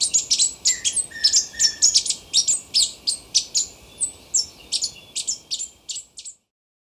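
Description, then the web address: Plushcap calls: rapid series of very high, thin, sharp chips, several per second, with a faint lower whistle near the start, fading out at the end. Ecuador. "Birds of Ecuador. Plushcap"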